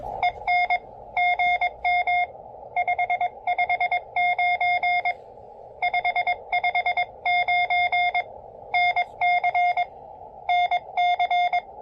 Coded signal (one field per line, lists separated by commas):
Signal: Morse code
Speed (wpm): 22 wpm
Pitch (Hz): 710 Hz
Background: none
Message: EN GM 559 559 NC NC